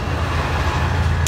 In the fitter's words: nag-click na siya. Click type kasi ito eh.